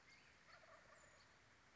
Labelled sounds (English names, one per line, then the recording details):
Wild Turkey
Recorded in Sonoma County, California